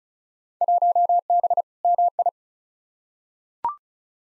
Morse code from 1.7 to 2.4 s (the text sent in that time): MI